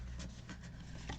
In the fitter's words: and then it just as you can hear that clicky noise they just tuck in and it all holds that base bit together